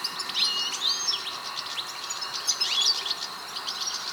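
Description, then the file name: European goldfinch twittering calls, a dense run of bright, high chirps and short trills repeating throughout, with a steady faint background hiss. "Carduelis carduelis"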